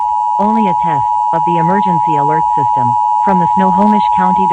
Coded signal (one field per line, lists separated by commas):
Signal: Emergency Alert System (SAME) tones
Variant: 853 and 960 Hz attention tone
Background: speech